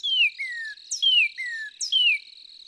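Northern cardinal song: clear whistled notes slurring downward, given in pairs about once a second, with a steady high insect-like hum beneath.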